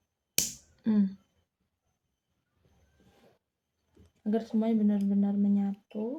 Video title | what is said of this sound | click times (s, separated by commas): Tugas 1 Jaringan Komputer - Membuat kabel straight | Pastikan sampai bunyi klik. | 0.4 s